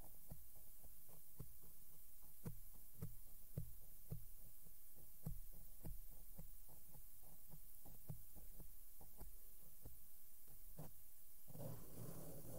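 Makeup brushes and fingers tap and sweep over a microphone in soft, regular thumps about twice a second, ending in a louder rustling scrape.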